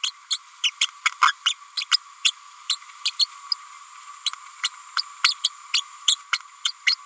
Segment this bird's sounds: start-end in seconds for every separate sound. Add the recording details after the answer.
0.03-0.11, 0.30-0.38, 0.63-0.70, 1.21-1.33, 1.45-1.54, 1.77-1.85, 1.91-1.97, 2.24-2.31, 2.69-2.77, 3.05-3.11, 3.19-3.26, 3.51-3.55, 4.63-4.69, 4.96-5.02, 5.24-5.34, 5.44-5.50, 5.73-5.82, 6.07-6.16, 6.65-6.72, 6.87-6.95. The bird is a female. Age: 30 days. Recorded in a nest box in Venezuela. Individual 17B102A6